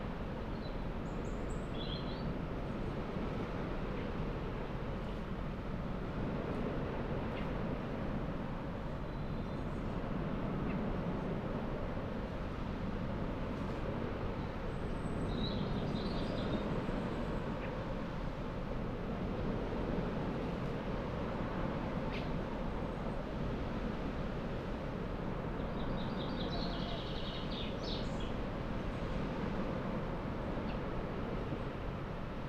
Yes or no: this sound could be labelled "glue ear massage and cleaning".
no